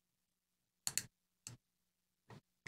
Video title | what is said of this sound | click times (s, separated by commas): Assembling an IDC cable | all right so I just heard it click I don't know if it picked up on the mic or not but | 0.9 s